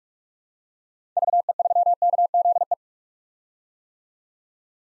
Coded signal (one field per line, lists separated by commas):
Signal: Morse code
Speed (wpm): 42 wpm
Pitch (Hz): 700 Hz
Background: none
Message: VE3KZE